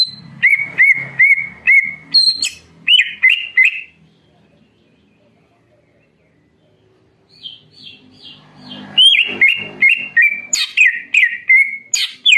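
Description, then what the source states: Leafbird song: loud whistled notes around mid-high pitch, repeated rapidly, with a quiet pause midway before a busy burst of chirps and whistles resumes. Cage-bird masteran and pancingan (training and lure) sound of a constantly singing (gacor) cucak ijo.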